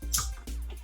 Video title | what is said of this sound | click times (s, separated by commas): Tacoma V2 Pro Grille - Unboxing - Install | and put these two ends back together till it clicks and then over here | 0.1 s